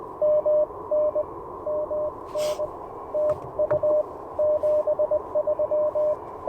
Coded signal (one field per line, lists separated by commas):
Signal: Morse code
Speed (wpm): 21 wpm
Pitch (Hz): 590 Hz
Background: none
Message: MN MN TU 73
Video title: Morning Morse Code - 12/18/2024